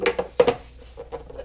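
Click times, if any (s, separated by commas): 0.4 s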